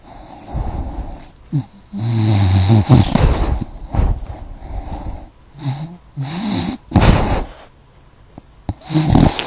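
Bulldog snorting and snuffling in heavy, wheezy bursts, several lasting a second or two, separated by short quiet gaps.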